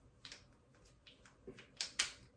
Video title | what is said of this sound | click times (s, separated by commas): Unger nLite 24K, adding extensions ￼ | this will, over time, you heard it snap, get easier. | 1.8 s, 2.0 s